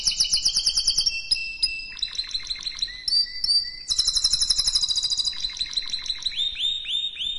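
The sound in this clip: Canary song, a continuous stream of rapid rolling trills and sharp chirped phrases, shifting quickly from one repeated note pattern to the next.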